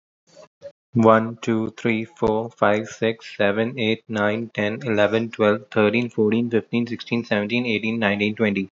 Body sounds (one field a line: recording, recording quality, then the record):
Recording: counting at a fast pace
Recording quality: excellent, no background noise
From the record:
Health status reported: healthy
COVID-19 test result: not tested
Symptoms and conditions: cough, sore throat, diarrhoea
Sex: male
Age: 26 years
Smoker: not ticked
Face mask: not worn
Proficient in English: yes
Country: India